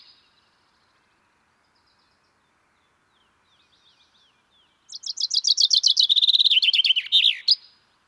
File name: Fringilla coelebs